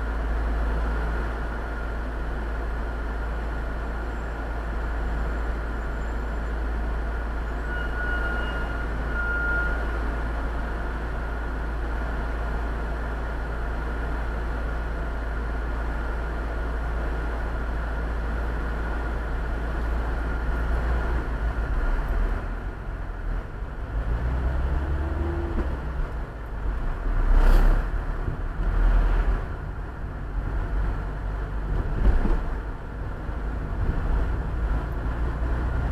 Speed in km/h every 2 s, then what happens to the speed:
0, 0, 0, 0, 0, 0, 0, 0, 0, 0, 0, 7, 13, 16, 21, 25, 29, 32.
0-21 standing. 21-36 pulls away to 32.